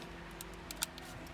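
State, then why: Seated. A wiring plug from the screen is pushed into the last open port on the back of a Kenwood car radio head unit. Faint ticks come at about 0.4 s and 0.7 s, then a sharp, bright click at 0.8 s as the plug clips and locks into place, followed by a softer tick near 1.0 s. The plug is seated.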